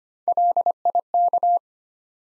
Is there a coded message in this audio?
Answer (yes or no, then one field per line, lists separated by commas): yes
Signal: Morse code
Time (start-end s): 0.3-1.6 s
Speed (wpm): 25 wpm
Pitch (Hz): 700 Hz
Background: none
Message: LIK